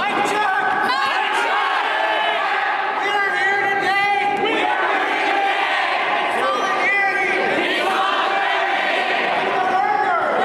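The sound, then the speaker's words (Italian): A dense protest crowd in front of the Guggenheim Museum in New York, protesting against an exhibition, shouting and yelling over one another as people scuffle; a loud continuous roar of raised voices with sharp cries rising out of the din. “Beh, avete sentito la protesta, urla, gente che si azzuffa davanti al Guggenheim Museum.”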